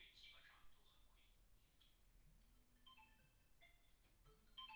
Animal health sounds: poultry house recording; no chicken sound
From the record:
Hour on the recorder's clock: 14

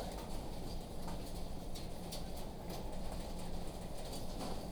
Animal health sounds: poultry house recording; healthy chickens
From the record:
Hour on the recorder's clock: 21

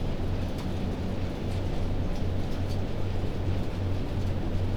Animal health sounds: poultry house recording; no chicken sound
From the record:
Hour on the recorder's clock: 1

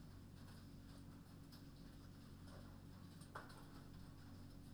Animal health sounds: poultry house recording; no chicken sound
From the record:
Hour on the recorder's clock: 21

